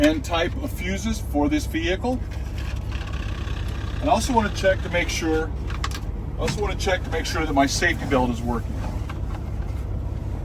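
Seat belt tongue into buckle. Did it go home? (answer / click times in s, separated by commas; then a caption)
yes / 9.1 s. Someone talks during an in-cab inspection of a truck, over a steady low rumble, then fastens the truck's safety belt. The metal tongue goes into the buckle with one short, sharp click at 9.1 s, and the belt is locked in place.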